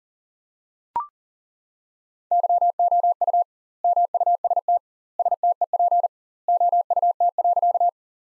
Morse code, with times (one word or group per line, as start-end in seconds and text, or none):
2.3-3.4 YOU
3.8-4.8 MUST
5.2-6.1 STEP
6.5-7.9 OUT.